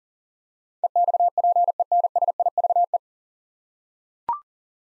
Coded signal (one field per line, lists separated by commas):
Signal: Morse code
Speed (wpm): 40 wpm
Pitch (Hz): 700 Hz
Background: none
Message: EXPENSIVE